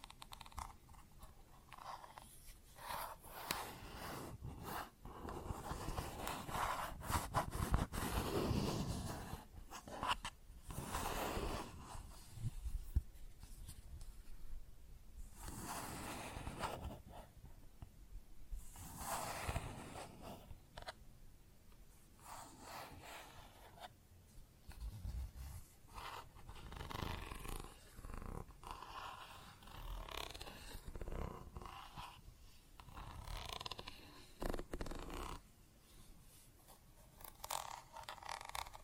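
Plastic objects are tapped and scratched in irregular bursts, with rough scraping passages, sharp clicks, and a louder grinding stretch around eight seconds.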